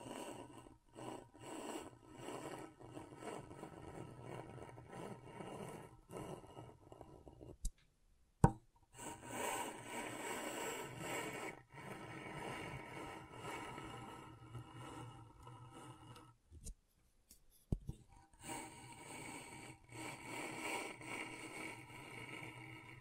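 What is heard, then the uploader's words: Scratchboard being worked: a steady run of dry, gritty scraping strokes that rise and fall in short bursts. The scratching stops twice, near eight and seventeen seconds, each pause marked by a sharp tap before the strokes resume. ASMR Brain Tingling Scratchboard (No Talking).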